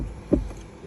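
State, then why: Seated. A new cabin air filter is pushed up into the HVAC filter housing behind the glove box area of a 2024 Chevrolet Traverse (new body style). A single sharp click at 0.3 s stands out over a low, steady background hiss and rumble. The filter clicks and seats in place.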